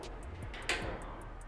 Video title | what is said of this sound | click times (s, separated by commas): APERTO DO CABEÇOTE DO ZETEC ROCAM - REVISÃO GERAL - EP03 | torquímetro ó tá vendo já dá um estalo porque foi apertado em 42 | 0.7 s